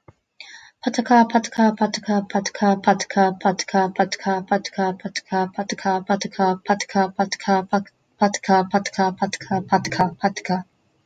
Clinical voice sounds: repeated syllables /pa ta ka/; female; 20 to 29 years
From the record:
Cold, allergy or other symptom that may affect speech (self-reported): no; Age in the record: 22 years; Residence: Pennsylvania, United States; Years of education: 12

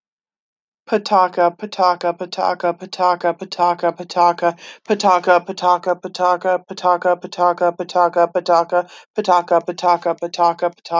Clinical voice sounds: repeated syllables /pa ta ka/; female; 30 to 39 years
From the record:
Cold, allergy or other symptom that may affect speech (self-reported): no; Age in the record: 38 years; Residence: Nebraska, United States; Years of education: 14

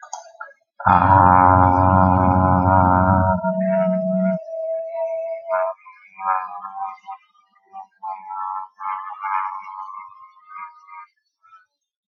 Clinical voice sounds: vowel held as long as possible; male; 40 to 49 years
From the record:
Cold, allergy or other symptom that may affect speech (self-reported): no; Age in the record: 40 years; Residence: Iowa, United States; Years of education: 15

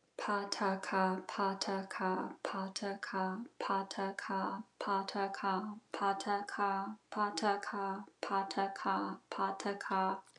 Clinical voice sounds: repeated syllables /pa ta ka/; female; 30 to 39 years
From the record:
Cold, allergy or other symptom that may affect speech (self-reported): no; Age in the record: 33 years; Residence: South Carolina, United States

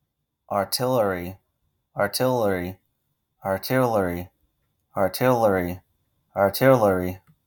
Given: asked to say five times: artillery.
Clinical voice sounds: repeated word; male; 40 to 49 years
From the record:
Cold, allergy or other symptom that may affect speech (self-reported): no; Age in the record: 42 years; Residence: Arizona, United States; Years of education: 16

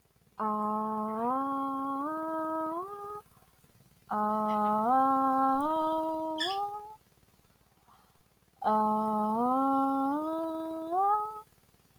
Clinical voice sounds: vowel held as long as possible; female; 20 to 29 years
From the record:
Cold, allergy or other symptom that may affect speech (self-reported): no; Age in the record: 24 years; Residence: Arkansas, United States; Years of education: 13

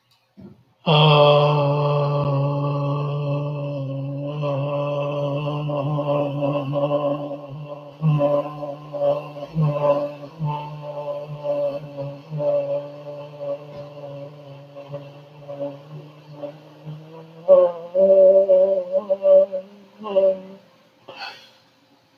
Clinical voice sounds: vowel held as long as possible; male; 70 to 79 years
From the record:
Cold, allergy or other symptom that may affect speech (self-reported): no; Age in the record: 71 years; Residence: Minnesota, United States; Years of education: 16

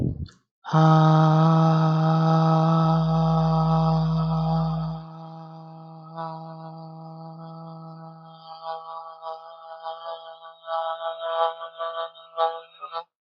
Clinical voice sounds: vowel held as long as possible; female; 30 to 39 years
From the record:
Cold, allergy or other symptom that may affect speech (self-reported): no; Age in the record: 37 years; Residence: New York, United States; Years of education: 16

